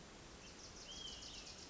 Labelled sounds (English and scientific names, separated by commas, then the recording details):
Olive-sided Flycatcher (Contopus cooperi)
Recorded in Sonoma County, California